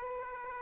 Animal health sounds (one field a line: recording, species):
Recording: mosquito wingbeat signal from an infrared sensor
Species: Aedes aegypti